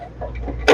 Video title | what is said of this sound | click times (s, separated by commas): Turbo Chef Oven Repair (Damaged High Volt Transformer) | And it snaps right in like that. | 0.7 s